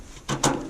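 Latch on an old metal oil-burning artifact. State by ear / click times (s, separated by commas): not seated / none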